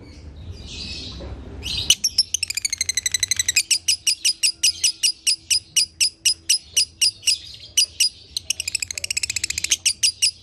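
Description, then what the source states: Lovebird starts with a soft squeak, then a rapid chattering trill leading into long steady series of shrill chirps and another fast trill. Masteran (training) track of lovebird in the konslet singing style.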